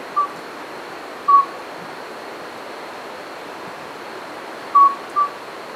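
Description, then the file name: Midwife toad giving short, pure, bell-like piping notes, four in all at irregular intervals, over a steady background hiss. "alytes"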